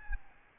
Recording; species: mosquito wingbeat signal from an infrared sensor; Aedes albopictus